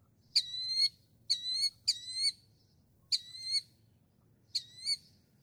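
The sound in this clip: Northern mockingbird song: bright, rich whistled notes with strong overtones, given singly and in pairs with irregular gaps.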